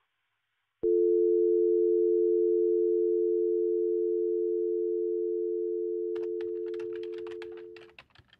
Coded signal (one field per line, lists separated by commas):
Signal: telephone call progress tone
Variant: North America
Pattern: dial tone